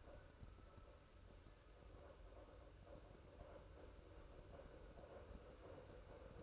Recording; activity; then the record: daily activity, microphone in the room; make coffee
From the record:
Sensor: 2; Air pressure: 995.0 hPa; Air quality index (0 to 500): 52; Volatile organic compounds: 1 ppm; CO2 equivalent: 838 ppm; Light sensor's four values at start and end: 15/51/19/19 and 15/51/20/19